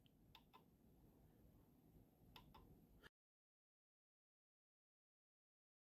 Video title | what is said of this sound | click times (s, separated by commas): Exercise 2 intro with sound | so you can see they move around and if you listen you can hear it click | 0.4 s, 2.4 s